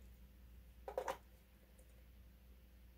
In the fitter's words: Then thrusters go in the back. Looks like they just snap into place.